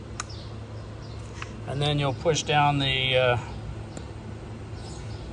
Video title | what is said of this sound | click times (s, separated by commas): How to Install a New Air Conditioning Line on a Jeep Renegade 2015 - 2018. DIY | You'll hear it click. | 0.2 s